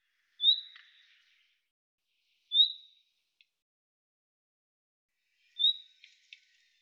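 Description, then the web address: Bird calls: three brief high chirps, each sliding down, spaced a few seconds apart with faint ticking after, in an otherwise quiet background. "Deverinetal 2025"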